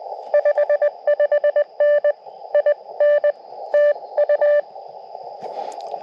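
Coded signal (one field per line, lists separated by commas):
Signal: Morse code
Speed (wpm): 21 wpm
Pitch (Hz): 590 Hz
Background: none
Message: 55N IN TU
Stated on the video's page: Portable QRP CW for a sunrise Parks on the Air activation, sent with an Elecraft KX2 and KXPD2 paddle into a 17-foot vertical with a 40-meter coil.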